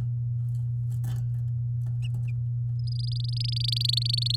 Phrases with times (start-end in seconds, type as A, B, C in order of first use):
2.87-4.36 A